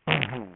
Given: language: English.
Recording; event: throat vibration sensor signal played as sound; throat clearing